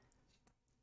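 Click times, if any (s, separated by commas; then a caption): none. Track links of a 1:16 scale Leopard 2A6 main battle tank model are handled as one link is pressed toward the neighbouring link with its pin, after a failed try. A single short tick sounds at 0.5 s over a quiet low background, but nothing has seated or clicked home yet.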